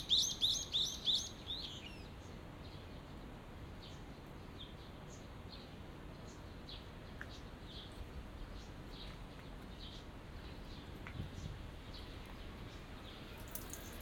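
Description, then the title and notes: Small birds calling, a quick series of bright high chirps at the start, then scattered softer chirps over a steady low rumble. Small garden in a corner of Yushima Tenjin shrine, Tokyo, Japan, surrounded by buildings, after rain; binaural. "小鳥のさえずり、雨上がりの庭園にて（Binaural）- Birds singing in the garden. 湯島天神の片隅にある小さな庭園で録音しました。"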